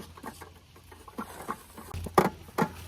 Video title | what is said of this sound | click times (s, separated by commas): CAMPER TRUCK COMING AT YA!! 1935 Ford Rat Rod Camper Build Update and MORE!! | Hear it clicking on there? | 2.2 s, 2.6 s